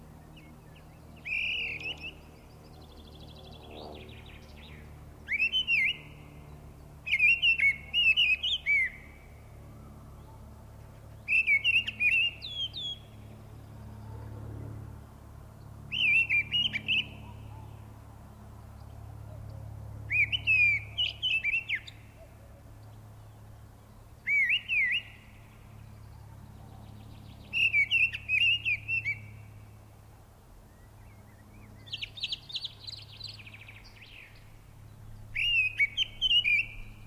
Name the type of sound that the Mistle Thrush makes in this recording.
song